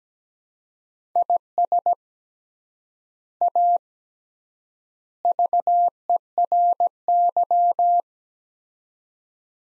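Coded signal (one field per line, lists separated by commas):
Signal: Morse code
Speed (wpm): 17 wpm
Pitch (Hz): 700 Hz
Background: none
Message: IS A VERY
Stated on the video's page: Morse practice of three-word sets at 17 wpm with 3x word spacing, Farnsworth-like; each sent, then spoken, then sent again.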